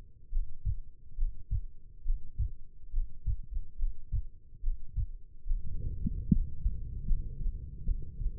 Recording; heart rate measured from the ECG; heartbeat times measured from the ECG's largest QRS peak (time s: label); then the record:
heart sounds by stethoscope; 72 bpm
0.31 s: heartbeat
1.16 s: heartbeat
2.04 s: heartbeat
2.92 s: heartbeat
3.77 s: heartbeat
4.62 s: heartbeat
5.45 s: heartbeat
6.29 s: heartbeat
7.05 s: heartbeat
7.84 s: heartbeat
From the record:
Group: healthy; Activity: Valsalva maneuver 0-6 s, rest 6-8 s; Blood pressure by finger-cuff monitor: 102/69 mmHg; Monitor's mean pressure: 77 mmHg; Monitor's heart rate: 70 bpm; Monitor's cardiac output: 5.1 L/min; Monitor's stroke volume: 73 mL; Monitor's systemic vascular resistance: 1090 dyn s/cm5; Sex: female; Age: 22 years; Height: 171 cm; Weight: 65.6 kg